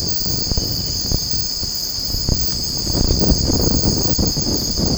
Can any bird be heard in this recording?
no